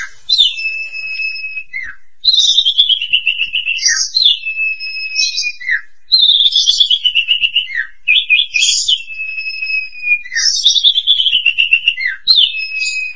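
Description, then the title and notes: Starling song of clear whistled phrases, each dropping into a falling trill, repeated about every two seconds throughout. "suara burung jalak"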